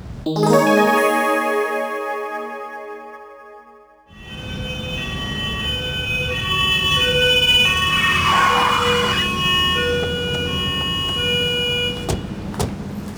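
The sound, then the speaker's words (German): A police car siren wails: a steady harmonic tone, a brief drop, then a rising and falling siren over low engine rumble that gradually grows louder. “In 5 Minuten ist ein Streifenwagen bei dir.”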